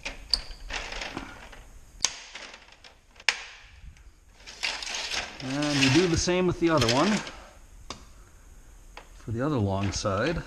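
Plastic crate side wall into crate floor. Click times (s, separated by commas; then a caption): 0.3 s, 2.0 s, 3.3 s. The long plastic side walls of a chicken transport crate are pushed down into the plastic floor, giving sharp plastic snaps at 0.3, 2.1 and 3.3 seconds as they seat. Someone talks afterward, and a few quieter knocks and rattles follow.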